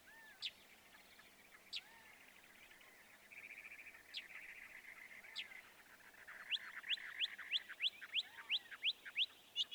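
Northern mockingbird song: scattered sharp notes, a harsh buzzy stretch, then a run of rapid repeated upward-swept whistles.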